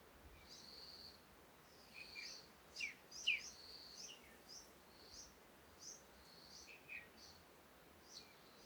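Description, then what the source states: Birds calling softly: repeated high notes with scattered short, sharp notes. Morning birds in calm conditions with wind, Komati, Africa.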